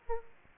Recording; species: mosquito wingbeat signal from an infrared sensor; Aedes aegypti